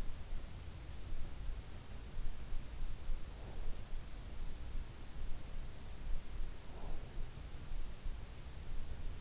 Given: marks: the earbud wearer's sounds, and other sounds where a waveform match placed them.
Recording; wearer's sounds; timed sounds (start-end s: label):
sounds in sleep by an in-ear microphone; breath
3.28-3.84 s: breath
6.59-7.29 s: breath